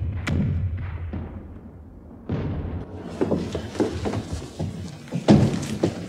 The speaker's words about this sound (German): Bürgerdelegierte, Sie hören die Kanonen von Versailles. Der Endkampf beginnt.